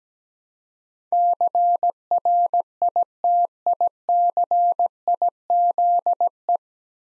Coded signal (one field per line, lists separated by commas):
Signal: Morse code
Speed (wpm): 17 wpm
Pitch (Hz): 700 Hz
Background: none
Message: CRITICIZE